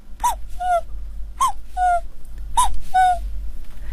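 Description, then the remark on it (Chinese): A voice imitates the call of a young, smaller cuckoo, repeating a bright two-note phrase three times in a steady rhythm, with the first note higher and the second note lower and slightly longer. “比如说年轻一点的这个比较小一点的布谷鸟哈，它是非常阳光的。”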